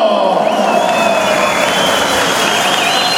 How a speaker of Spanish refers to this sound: Señoras y señores, ¡Cayaya en la ciudad del Alto! ¡Cayaya en la ciudad del Alto! ¡Un fuerte aplauso para la ciudad del Alto!